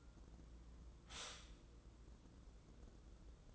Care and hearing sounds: daily activity, microphone in the room; stop toaster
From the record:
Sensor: 3

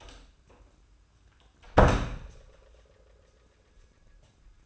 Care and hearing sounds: daily activity, microphone in the room; close door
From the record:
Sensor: 2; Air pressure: 994.2 hPa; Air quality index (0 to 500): 208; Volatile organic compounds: 1000 ppm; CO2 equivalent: 6912 ppm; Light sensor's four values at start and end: 109/259/109/113 and 111/263/111/116

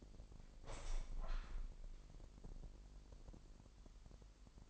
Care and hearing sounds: daily activity, microphone in the room; open window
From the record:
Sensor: 5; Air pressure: 1000.4 hPa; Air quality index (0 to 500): 248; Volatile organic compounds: 34 ppm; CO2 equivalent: 3049 ppm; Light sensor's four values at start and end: 34/78/31/29 and 34/78/31/29

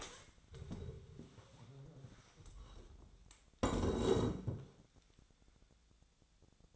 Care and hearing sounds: daily activity, microphone in the room; stand up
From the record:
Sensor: 3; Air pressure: 1000.4 hPa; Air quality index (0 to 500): 169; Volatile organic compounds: 3 ppm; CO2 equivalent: 1473 ppm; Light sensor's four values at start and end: 14/32/14/14 and 14/33/14/15

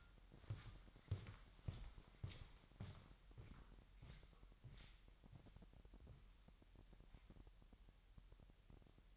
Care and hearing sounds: daily activity, microphone in the room; walk to room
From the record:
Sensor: 3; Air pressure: 1002.0 hPa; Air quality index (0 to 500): 247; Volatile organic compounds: 49 ppm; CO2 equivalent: 3280 ppm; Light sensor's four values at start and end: 10/24/10/10 and 10/25/10/10

